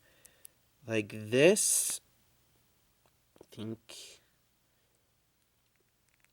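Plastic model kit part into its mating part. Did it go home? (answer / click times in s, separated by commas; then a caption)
no / none. A plastic Gundam model kit part is handled and pushed toward its mating part, with faint, brief ticks of plastic handling around short bursts of someone talking. Nothing has seated or clicked yet; the part is not yet home when the clip ends.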